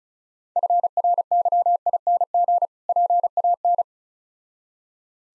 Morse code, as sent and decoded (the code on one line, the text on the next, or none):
..-. .-. -.-- .. -. --. / .--. .- -.
FRYING PAN